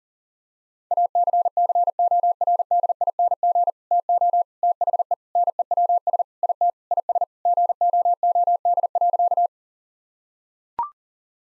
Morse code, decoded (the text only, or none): ACCORDING TO THE NEWS IT IS GOOD.